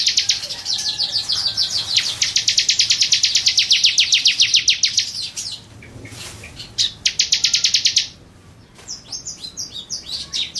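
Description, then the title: Bar-winged prinia song: long runs of rapid, high, buzzy chirps, a brief pause and another burst, then a few scattered notes. "Suara Burung Ciblek"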